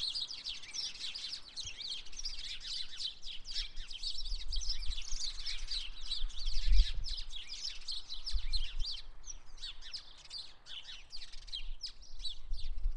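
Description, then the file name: House sparrows chirping continuously, a dense chorus of short overlapping chirps from many birds, with bursts of low rumbling background noise. "Passer domesticus"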